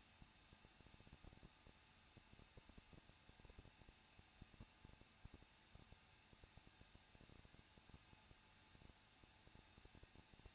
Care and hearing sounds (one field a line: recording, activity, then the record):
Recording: daily activity, microphone in the room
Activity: no activity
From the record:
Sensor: 2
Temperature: 21.0 degrees Celsius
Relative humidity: 37.5%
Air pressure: 1006.3 hPa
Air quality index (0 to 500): 224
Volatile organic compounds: 25 ppm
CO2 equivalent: 2840 ppm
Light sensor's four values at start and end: 2/3/2/2 and 2/3/2/2